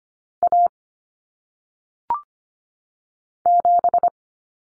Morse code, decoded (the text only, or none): A 7